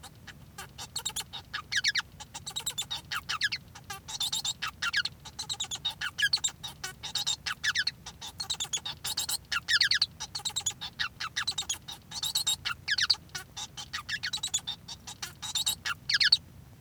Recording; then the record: song of a male Bengalese finch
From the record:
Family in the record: son of father 1